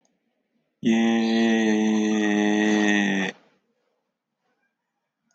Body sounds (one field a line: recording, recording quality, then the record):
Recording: sustained vowel as in made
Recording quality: excellent, no background noise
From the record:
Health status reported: healthy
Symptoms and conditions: none ticked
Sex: male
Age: 25 years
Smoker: not ticked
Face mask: not worn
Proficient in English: yes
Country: India